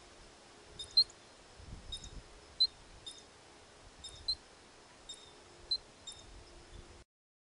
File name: California Ground Squirrel Warning Call